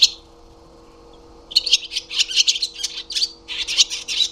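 Barn swallow twittering: after a brief opening note and about a second and a half of quiet, a rapid, continuous run of scratchy chirps and warbles that carries on to the end.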